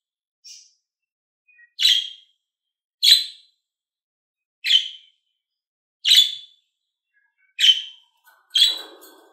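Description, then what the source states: Lovebird giving sharp, shrill chirps, about seven in a row, spaced roughly every second and a half, the last one trailing into a brief rasp. Described as a happy lovebird.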